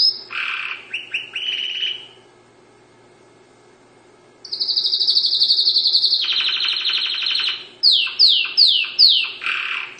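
Dutch canary song with a choppy opening trill, a pause, then a long sustained rolled trill and several swooping descending notes.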